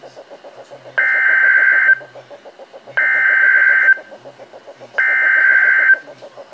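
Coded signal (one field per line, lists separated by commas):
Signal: Emergency Alert System (SAME) tones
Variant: header bursts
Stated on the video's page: Severe thunderstorm and tornado warnings recorded live from NOAA Weather Radio, issued by the NWS in Ruskin, Florida.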